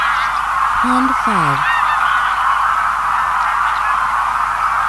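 Greylag goose flock honking in a dense, continuous chorus, with a few louder low honks near the one-second mark, the last ones falling in pitch.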